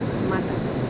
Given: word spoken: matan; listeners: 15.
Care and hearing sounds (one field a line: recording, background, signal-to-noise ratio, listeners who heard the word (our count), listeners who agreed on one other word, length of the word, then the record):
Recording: one Spanish word in noise, from a listening test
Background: speech-shaped noise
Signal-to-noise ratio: -4.0 dB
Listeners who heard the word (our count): 0 of 15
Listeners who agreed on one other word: 13 of 15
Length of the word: 0.50 s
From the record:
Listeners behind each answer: 13, 1, 1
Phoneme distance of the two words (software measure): 7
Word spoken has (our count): 2 syllables, 5 phonemes, stress on syllable 1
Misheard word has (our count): 2 syllables, 4 phonemes, stress on syllable 1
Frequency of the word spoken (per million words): 6.90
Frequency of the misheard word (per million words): 19.80